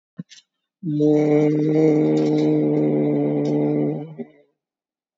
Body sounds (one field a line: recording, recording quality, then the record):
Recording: sustained vowel as in made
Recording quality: excellent, no background noise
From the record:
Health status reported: COVID-19 positive, moderate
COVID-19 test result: positive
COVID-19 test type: RT-PCR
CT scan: taken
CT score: 3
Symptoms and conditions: cough, sore throat, fever, fatigue, muscle pain, diabetes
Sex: female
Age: 62 years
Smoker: no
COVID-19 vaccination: one dose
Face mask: worn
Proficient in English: yes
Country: India